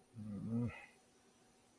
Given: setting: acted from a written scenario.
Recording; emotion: vocal sound without words; guilt